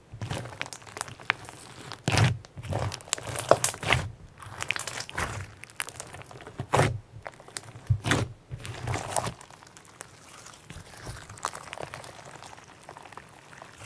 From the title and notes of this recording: Sponge rainbow Slime. Sonidos de slime de esponjas.